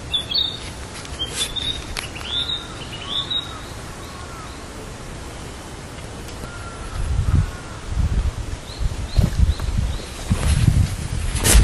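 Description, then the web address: Narcissus flycatcher song: high whistled, looping phrases early on and softer lower whistles, followed by rustling and footstep-like noise. "udragon kibitaki"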